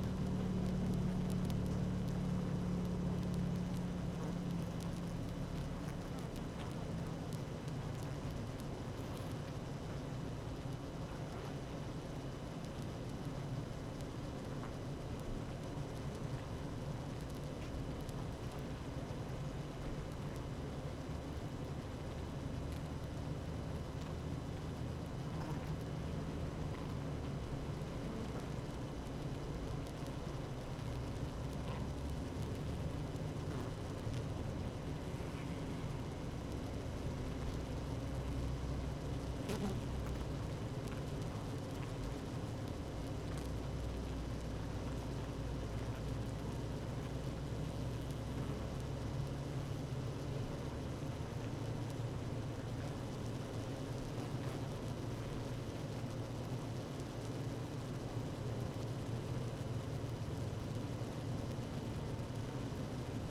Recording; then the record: honeybee colony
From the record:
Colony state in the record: active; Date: 12 June 2018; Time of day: 16:21